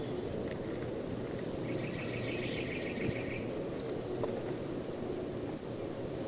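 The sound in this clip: Tufted titmouse calling: a quick run of soft repeated notes midway, with scattered thin high notes over a steady low rumble throughout.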